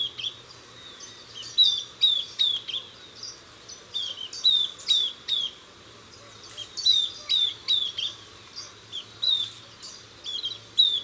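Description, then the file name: Southern beardless tyrannulet repeating short, sharp, slightly descending whistled notes in short clusters separated by brief pauses. "Camptostoma obsoletum - Southern Beardless Tyrannulet"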